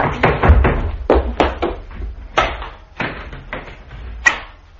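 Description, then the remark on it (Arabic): A door being opened in an Egyptian radio drama, with a run of sharp wooden clacks and rattles in an uneven rhythm, fairly loud, with no one talking. “افتحي الباب.”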